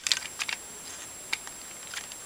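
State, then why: Not seated. A plastic limb or panel is being handled and pushed up into the body of a plastic transforming robot toy during transformation, with the aim of having it click into place so it won't be loose and fall off. Short, sharp plastic ticks and light rattles are heard, with the strongest near 0.1 s and 1.3 s, over a faint steady high hiss. Nothing has seated or clicked into place yet.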